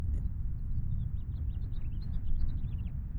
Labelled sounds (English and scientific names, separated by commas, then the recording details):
House Finch (Haemorhous mexicanus) song
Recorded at Wantagh on Long Island, New York, on 21 May 1975
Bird G